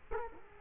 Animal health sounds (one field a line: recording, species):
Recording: mosquito wingbeat signal from an infrared sensor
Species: Culex quinquefasciatus